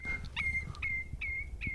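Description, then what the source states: Common Redshank calling, a run of clear, level whistled notes, about five in under two seconds, over low rumbling background noise. Sudden call that distracted the hosts during a spring birding outing in the Netherlands, at a shallow pool with marshy edges where black-tailed godwits breed.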